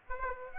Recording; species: mosquito wingbeat signal from an infrared sensor; Aedes aegypti